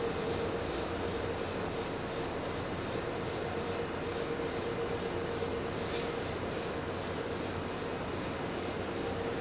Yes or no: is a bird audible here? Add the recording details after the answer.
no. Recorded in pastures near Puerto Asís, Putumayo, Colombia, on 4 March 2025 at 13:30. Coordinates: 0.466, -76.322. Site CSA-02